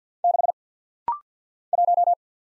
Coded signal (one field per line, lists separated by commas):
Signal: Morse code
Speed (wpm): 49 wpm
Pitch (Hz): 700 Hz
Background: none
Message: 6 1